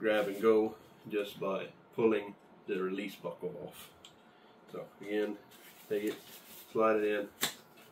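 A polymer male/female quick-release holster mount is handled and slid toward the adapter plate on a chest rig while someone talks. A faint short tap sounds around 4.0 s, and brief high bursts follow near 7.5 s. Nothing has seated or clicked yet; the clip ends just before the mount goes home.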